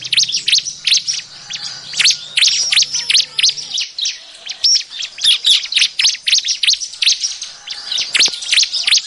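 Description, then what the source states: Bar-winged prinia chattering calls, dense high sharp chirps and rapid ticks in quick irregular bursts throughout, with a low hum during the first four seconds. Noisy, rowdy calling used as an effective lure call for catching birds.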